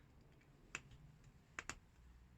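HT lead number 2 is pressed onto its terminal on the distributor cap, giving sharp, short clicks at about 0.8, 1.6 and 1.7 seconds over a low background hum. The lead is seated on the cap.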